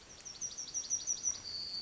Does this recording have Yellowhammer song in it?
yes